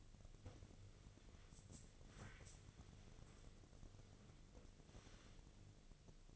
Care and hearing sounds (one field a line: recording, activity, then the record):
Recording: daily activity, microphone in the room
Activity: wipe stove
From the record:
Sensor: 4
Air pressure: 1001.3 hPa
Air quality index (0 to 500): 186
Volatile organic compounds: 3 ppm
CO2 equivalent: 1329 ppm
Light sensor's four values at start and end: 14/32/13/14 and 14/32/13/14